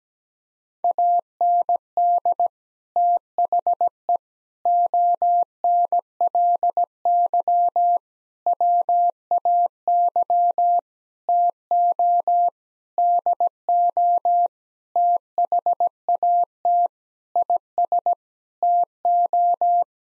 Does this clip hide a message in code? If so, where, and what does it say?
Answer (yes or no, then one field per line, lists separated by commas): yes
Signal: Morse code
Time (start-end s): 0.8-19.8 s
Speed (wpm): 17 wpm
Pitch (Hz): 700 Hz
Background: none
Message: AND THE ONLY WAY TO DO THAT IS TO